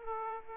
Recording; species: mosquito wingbeat signal from an infrared sensor; Aedes aegypti